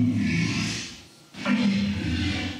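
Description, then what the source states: Walrus giving two rough, low bellowing roars separated by a brief pause. Low-frequency walrus sound used as the low element mixed into a film's dinosaur scream.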